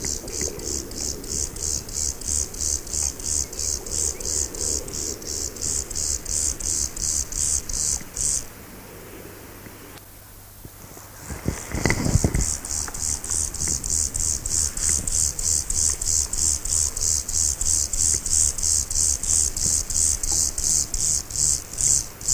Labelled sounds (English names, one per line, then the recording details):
Lesser Field Grasshopper stridulation
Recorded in the wild
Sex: male
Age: imago
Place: Köppchensee, Berlin, DE
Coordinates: 52.6167, 13.3667
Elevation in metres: 40
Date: 2000-08-30 12:43
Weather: sonnig, 18 - 20°C
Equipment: Nagra SN, Kopie Uher 4000 Report Monitor
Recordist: Tembrock, Günter